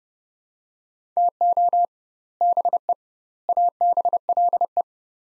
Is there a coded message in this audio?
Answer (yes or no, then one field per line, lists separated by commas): yes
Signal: Morse code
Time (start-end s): 1.2-4.8 s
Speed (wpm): 30 wpm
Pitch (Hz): 700 Hz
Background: none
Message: TO BE ABLE